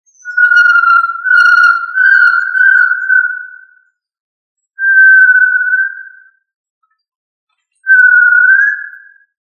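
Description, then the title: Tinamou giving long, pure whistled notes, three in a close run, then two separate drawn-out whistles after short silences. "Familia Tinamidae - Quail - Puyuh"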